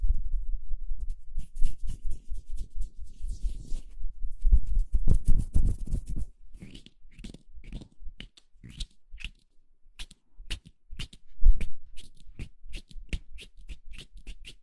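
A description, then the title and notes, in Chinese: Hands rub together with a dense, low brushing for six seconds, then give way to sparse, crisp dry ticks and scrapes. 搓手手。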